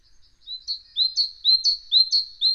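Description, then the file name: Great tit song: bright, high notes in a quick, steady series of repeated two-part phrases, each with a short upward flick. "Parus major"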